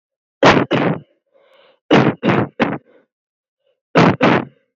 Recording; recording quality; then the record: shallow voluntary cough; moderate, slight background noise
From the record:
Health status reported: COVID-19 positive, moderate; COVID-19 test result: positive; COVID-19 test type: RT-PCR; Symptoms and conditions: fever, fatigue, loss of smell and taste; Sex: female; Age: 21 years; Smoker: no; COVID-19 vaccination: both doses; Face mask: not worn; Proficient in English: yes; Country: India